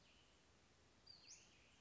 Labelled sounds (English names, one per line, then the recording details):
Western Flycatcher
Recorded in Sonoma County, California